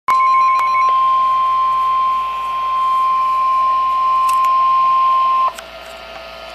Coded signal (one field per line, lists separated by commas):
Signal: Emergency Alert System (SAME) tones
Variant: 1050 Hz attention tone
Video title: EAS #59 Special Marine Warning 7/23/13 3:45PM